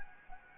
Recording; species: mosquito wingbeat signal from an infrared sensor; Anopheles arabiensis